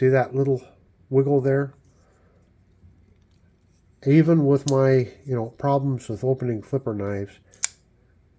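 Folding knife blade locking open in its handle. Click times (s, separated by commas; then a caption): 7.6 s. Someone talks while a Buck Sprint Pro Ops (842) folding flipper knife is opened: the flipper tab is pressed and the steel blade swings out on ball bearings. At 7.6 s the liner lock engages with one sharp, loud click, locking the blade open in its handle.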